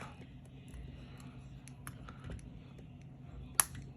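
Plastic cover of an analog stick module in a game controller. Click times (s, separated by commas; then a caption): 3.6 s. A small plastic housing on the analog stick module of a PS5 controller is closed back up after a part inside is straightened. Light handling taps and clicks come first, then the cover snaps shut with one sharp click at 3.6 s, and it is seated.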